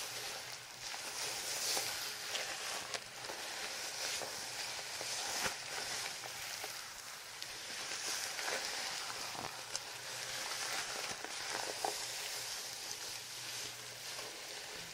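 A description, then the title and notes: During a head spa hair wash, a steady, bright rushing hiss like running water or spray fills all fifteen seconds. Small taps and soft clicks break through every second or so, and a low, even hum runs underneath throughout. First Person Head Spa Hair Wash, Brushing, Oil Ear Massage, Steam Mask.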